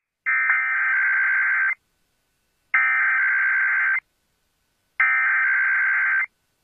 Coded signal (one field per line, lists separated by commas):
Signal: Emergency Alert System (SAME) tones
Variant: header bursts